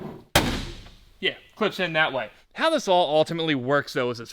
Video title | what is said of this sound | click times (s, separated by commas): Rebuilding The First STOLEN Dodge Demon 170! | cette petite lunette de saisie d'air qui, oui, se clipse de | 0.4 s